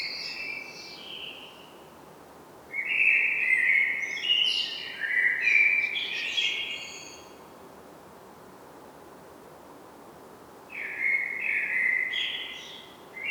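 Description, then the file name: Common blackbird song: a brief high twitter, then a rich warbled phrase with squeaky flourishes, a long pause, and another fluty phrase starting. "Turdus merula"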